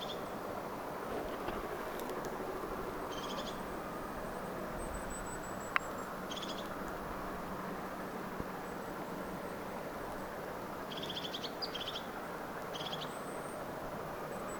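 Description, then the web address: Crested tit gives short burry trilled calls, a few spaced bursts with faint high thin notes, against steady low-pitched noise. Vocalising; recorded 12 October 2024 in Finland. "paivat 12 10 2024 tuollaista toyhtotiaisen aantelya"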